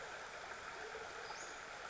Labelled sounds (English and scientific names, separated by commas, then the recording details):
Western Flycatcher (Empidonax difficilis)
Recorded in Sonoma County, California